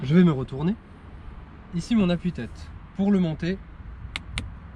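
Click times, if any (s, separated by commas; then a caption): 4.2 s, 4.4 s. A driver's seat headrest is pulled upward on its metal posts in a car, moving without resistance. Someone talks at first, then two small sharp clicks are heard at 4.2 s and 4.4 s as notches latch. The headrest post seats in the seat-back detent.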